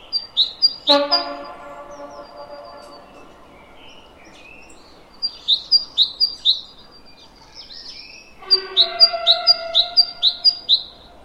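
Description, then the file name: Great tit song: three bursts of quick repeated high two-note phrases, with a harsh harmonic sound near the start and another before the last burst. "Parus major"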